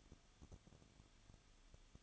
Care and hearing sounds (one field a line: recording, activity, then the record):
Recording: daily activity, microphone in the room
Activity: no activity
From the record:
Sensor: 4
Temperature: 23.0 degrees Celsius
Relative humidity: 34.3%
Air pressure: 1007.2 hPa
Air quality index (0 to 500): 217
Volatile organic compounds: 15 ppm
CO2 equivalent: 2518 ppm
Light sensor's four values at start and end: 2/3/1/1 and 2/3/1/1